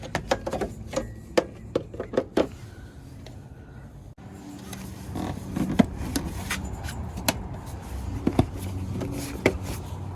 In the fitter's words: Make sure it clicks everywhere. That's it.